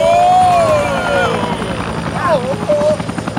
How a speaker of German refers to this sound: Vorsicht, der Helikopter schwankt in der Windböe.